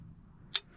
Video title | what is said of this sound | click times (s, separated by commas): 'The ROOTED HISTORY' ~ North American Trapper | And you're going to hear this click. | 0.6 s